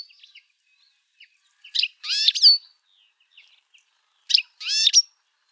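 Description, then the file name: European goldfinch producing two twittery call phrases, quick liquid tinkling notes with a buzzy edge, a few seconds apart, with faint soft notes between. "Carduelis carduelis"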